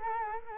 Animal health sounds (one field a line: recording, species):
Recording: mosquito wingbeat signal from an infrared sensor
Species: Culex quinquefasciatus